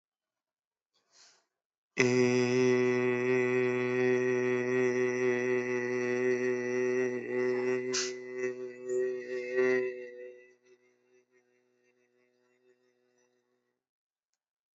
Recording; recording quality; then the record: sustained vowel as in made; moderate, slight background noise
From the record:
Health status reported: exposed to COVID-19, no respiratory illness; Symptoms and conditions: none ticked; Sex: male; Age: 30 years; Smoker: yes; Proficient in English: yes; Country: India